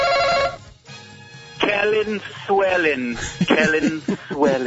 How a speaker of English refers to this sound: Wow, that was creepy the way you repeated that with an echo there.